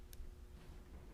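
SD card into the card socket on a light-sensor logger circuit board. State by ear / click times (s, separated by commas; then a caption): not seated / none. A finger pushes a microSD/SD card toward the spring-loaded card socket on the circuit board of an LI-1500 / LAI-2200C light-sensor logger. A single brief, bright handling tick sounds at about 0.1 s over a steady low hum. The card has not seated or clicked into place yet.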